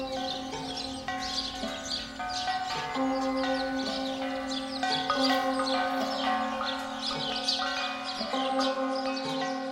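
Church bells ring in a steady, overlapping peal, their sustained tones humming and blending at moderate volume, while birds chirp and a rooster or hens cluck faintly throughout.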